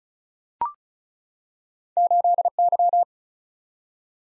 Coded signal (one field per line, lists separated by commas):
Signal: Morse code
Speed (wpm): 36 wpm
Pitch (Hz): 700 Hz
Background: none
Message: 8Y